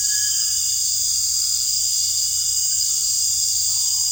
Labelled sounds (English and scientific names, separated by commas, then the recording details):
Cinereous Tinamou (Crypturellus cinereus)
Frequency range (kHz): Cinereous Tinamou (Crypturellus cinereus) 1.1-1.9 kHz
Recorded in dense forest near Puerto Asís, Putumayo, Colombia, on 13 March 2025 at 18:30
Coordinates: 0.484, -76.317
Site G064